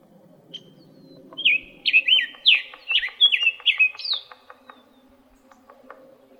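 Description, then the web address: Summer tanager song: a run of slurred whistled phrases, rising and falling, about three seconds long, with faint low hum and soft chips around it. Arizona, 13 April 2008. "Tanagers SUTA 041308"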